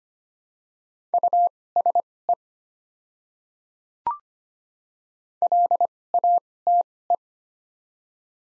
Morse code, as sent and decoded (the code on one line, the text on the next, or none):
..- ... . / .-.. .- - .
USE LATE